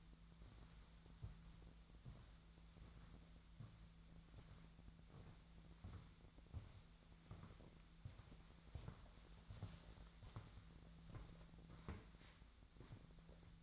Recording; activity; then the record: daily activity, microphone in the room; walk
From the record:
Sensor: 3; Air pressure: 1008.4 hPa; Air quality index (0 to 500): 191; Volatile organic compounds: 14 ppm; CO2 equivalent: 2458 ppm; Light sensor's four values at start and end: 20/48/21/21 and 20/48/21/21